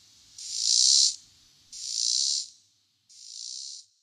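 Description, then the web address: Robinson's cicada song, three buzzy high bursts, each weaker than the one before, separated by short silences. North America. "Songs of Insects. Robinsons Cicada"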